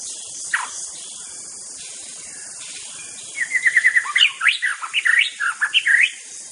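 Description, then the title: White-rumped shama song bursting in after one brief early note and nearly three quiet seconds: a rapid stuttering trill, then lively varied whistles and swooping notes, with steady background hiss. In forest. "Suara burung murai batu hutan"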